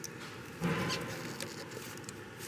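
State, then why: Not seated. On a 2015 Range Rover Evoque, a fuel line quick-connect fitting is pushed onto the fuel rail pipe on the engine, producing only faint taps near 0.0, 1.4 and 2.1 seconds over a brief rise of rustling noise around 0.6 to 1.0 seconds. No click is heard, so nothing has seated yet, and the fitting is found not fully seated when pulled back to check.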